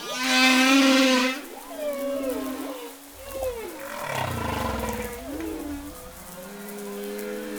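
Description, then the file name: Humpback whale song opening with a loud, rich harmonic moan, followed by quieter swooping whistles and a deep descending pulsed groan. Recorded in Madagascar. "Mada Baleine ABosse"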